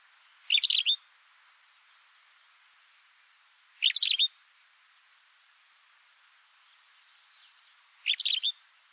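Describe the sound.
Bird calls: three short, high chattering bursts of rapid chirps, spaced several seconds apart, against quiet background.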